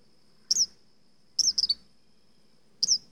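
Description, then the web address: Mockingbird song: a few high, sharp downslurred chirps, one quick cluster, separated by short pauses. "bird mocking song animal"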